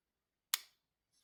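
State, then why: Seated. The steel blade of a Kizer KI4411F1 folding knife is closed and snaps into its closed-position detent with a single sharp, bright click at 0.5 s that rings briefly before fading. A faint, soft high-pitched rustle follows near 1.2 s. The blade seats solidly in the detent with no detent lash.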